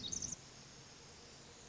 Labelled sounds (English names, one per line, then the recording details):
Pacific Wren
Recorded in Sonoma County, California